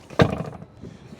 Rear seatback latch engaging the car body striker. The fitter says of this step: lock that into place and it's important that you get the seat belt out of the way cuz if you don't